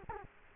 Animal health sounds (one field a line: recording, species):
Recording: mosquito wingbeat signal from an infrared sensor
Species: Culex quinquefasciatus